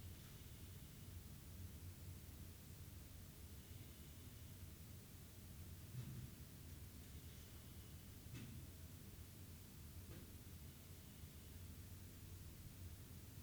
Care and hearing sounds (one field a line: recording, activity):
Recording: daily activity, guitar pickup as the sensor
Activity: sit